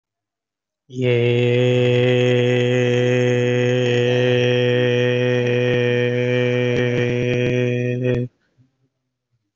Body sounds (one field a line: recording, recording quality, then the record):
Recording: sustained vowel as in made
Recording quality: excellent, no background noise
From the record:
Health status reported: COVID-19 positive, mild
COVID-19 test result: positive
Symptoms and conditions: cough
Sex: male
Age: 36 years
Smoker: not ticked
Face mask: worn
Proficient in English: yes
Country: India